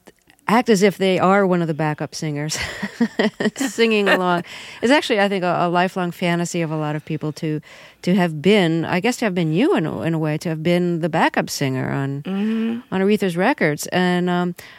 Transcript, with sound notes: act as if they are one of the backup singers (laughter) singing along. It's actually, I think, a lifelong fantasy of a lot of people to have been - I guess, to have been you in a way - to have been the backup singer on Aretha's records.